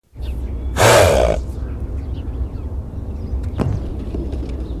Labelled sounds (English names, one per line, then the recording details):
Black Wildebeest call
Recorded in captivity
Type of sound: call
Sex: male
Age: adult
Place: Tierpark Berlin, Berlin, DE
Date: 1973-12-23 11:30
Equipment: Uher 4200 Report, Verstärker, Sennheiser MD 421
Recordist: Tembrock, Günter
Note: Altbulle: Langlaut gegen Beobachter. Aufnahmezeit: 10.00-12.00 Uhr